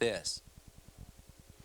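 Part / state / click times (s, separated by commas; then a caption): metal bobbin case onto the sewing machine hook pin / not seated / none. Someone talks briefly as a loaded metal bobbin case is handled toward the hook pin of a 1994 PFAFF creative 7550 sewing machine. After the speech, only faint, evenly spaced low thumps continue for the rest of the clip. Nothing has seated or clicked yet; the case is still being handled.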